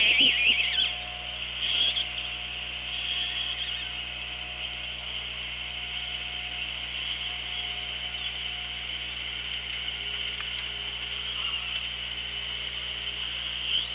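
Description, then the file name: Orca calls: a burst of harmonic, downward-bending calls at the very start, then a fainter one, followed by steady hiss and low hum. Recorded on the OrcaLab hydrophone, 24 August 2017, 16:17. "Orca Lab 20170824 161757"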